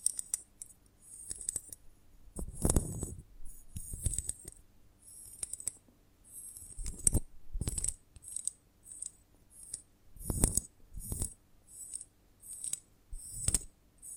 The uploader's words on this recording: ASMR of a Honeycomb on Branch (No Talking).